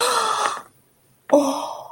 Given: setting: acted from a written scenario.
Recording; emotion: vocal sound without words; guilt